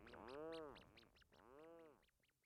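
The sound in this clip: Rhinoceros auklet calls, two long, swelling, moaning groans with quick clicking notes above them.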